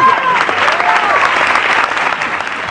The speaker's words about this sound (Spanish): Es una radio comunitaria. A Radio La Lechuza. ¡Fuerte el aplauso! ¡Bravo!